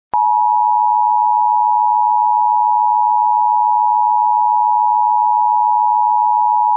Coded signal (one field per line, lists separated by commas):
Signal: Emergency Alert System (SAME) tones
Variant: 853 and 960 Hz attention tone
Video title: EAS #944 Immediate Evacuation